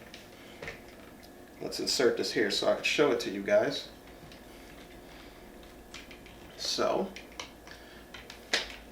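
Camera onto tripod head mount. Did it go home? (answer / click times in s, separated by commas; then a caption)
yes / 8.5 s. A camera is mounted onto a tripod head and locks into place. Someone talks at the start, then a few small handling clicks lead up to the strongest click at 8.5 s, when the camera seats on the mount.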